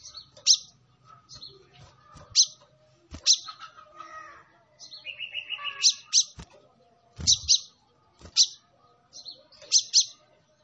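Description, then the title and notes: Sunbird chirping in quick double and single high notes, interspersed with a short rising buzzy phrase and soft background twittering. Kolibri Ninja singing actively, full song with bursts (isian and tembakan), used for training and as a lure to prompt other birds to sing. "MASTERAN KOLIBRI NINJA FULL ISIAN DAN TEMBAKAN COCOK BUAT PANCINGAN. Suara Burung Kolibri Ninja Gacor"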